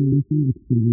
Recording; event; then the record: neck accelerometer signal played as sound; no cough (speech, laughter, throat clearing or background)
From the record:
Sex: male